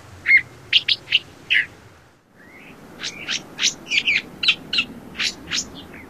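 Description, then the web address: California thrasher singing varied, slightly scratchy phrases in quick bursts, a brief pause near two seconds, then a denser stretch of sharp, changing notes. "Songs of Birds of North America Stokes. California Thrasher"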